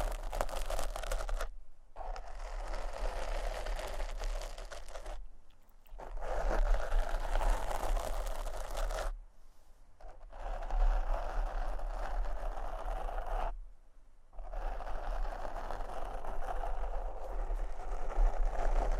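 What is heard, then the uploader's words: A microphone is scratched and brushed in long, dense rasping strokes, each lasting a few seconds. Short quiet gaps fall near 2, 5.5, 9.5 and 14 seconds between passes. A steady low rumble sits underneath throughout. ASMR Microphone Scratching and Brushing (No Talking).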